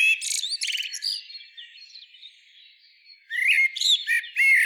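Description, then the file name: Common blackbird song: a burst of scratchy high twitters and whistles, a brief lull, then another fluty warbled phrase with squeaky notes. "Turdus merula"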